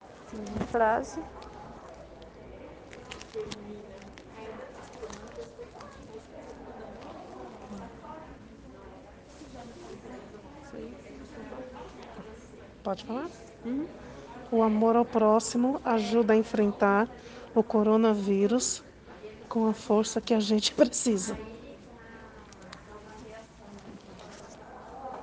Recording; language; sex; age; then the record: spoken sentence; Brazilian Portuguese; female; 40 to 49 years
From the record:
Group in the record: respiratory insufficiency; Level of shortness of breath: 5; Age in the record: 47 years